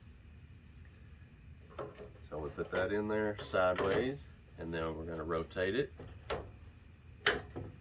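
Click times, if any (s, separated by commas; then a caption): 7.3 s. An LED tube bulb is inserted sideways into the tombstone lamp-holder sockets of a fluorescent light fixture and rotated. Someone talks while a short tap sounds at 6.3 s. A sharp click at 7.3 s marks the tube seating in its sockets.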